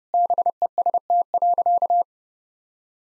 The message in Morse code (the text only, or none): BEST.